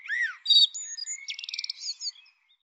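Bird song phrase opening with an arched whistle, followed by quick chirps and a short rapid trill.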